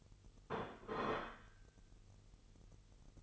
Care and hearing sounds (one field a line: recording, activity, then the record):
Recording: daily activity, microphone in the room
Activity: place plate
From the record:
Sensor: 4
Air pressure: 989.4 hPa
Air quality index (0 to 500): 213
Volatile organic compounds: 61 ppm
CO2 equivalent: 3427 ppm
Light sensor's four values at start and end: 26/91/33/35 and 26/91/33/35